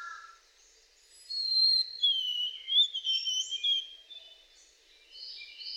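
White-throated sparrow song, a run of clear whistled tones that slide and drop a little in pitch, with other small birds twittering around it.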